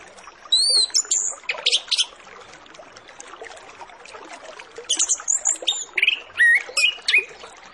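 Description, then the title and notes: Orange-headed Thrush song: two bursts of rich, varied whistles and sharp high notes, over continuous background hiss. Lure recording used to make Orange-headed Thrushes sing quickly and openly; full 'isian' song with fill-in phrases. "Masteran Anis Kembang Full Isian Untuk Suara Pancingan Anis Kembang Agar Cepat Ngeplong. Suara Burung Anis Kembang"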